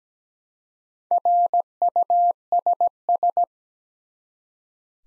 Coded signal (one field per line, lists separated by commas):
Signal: Morse code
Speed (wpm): 17 wpm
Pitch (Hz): 700 Hz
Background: none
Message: RUSS